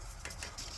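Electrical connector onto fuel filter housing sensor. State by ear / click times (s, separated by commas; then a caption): not seated / none. An electrical connector is handled at the sensor on the rear fuel filter/water separator housing of a Ram 3500 6.7 diesel while it is being pushed back on. Over a steady low background, two brief sharp sounds stand out at about 0.2 and 0.4 seconds. Nothing has seated or clicked yet; the connector is not yet home.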